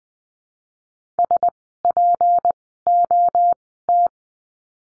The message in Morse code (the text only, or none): SPOT